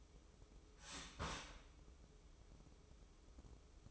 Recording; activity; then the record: daily activity, microphone in the room; start toaster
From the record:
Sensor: 1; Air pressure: 995.3 hPa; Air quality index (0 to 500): 25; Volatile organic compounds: 0 ppm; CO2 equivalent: 502 ppm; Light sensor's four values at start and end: 18/58/21/23 and 18/58/21/23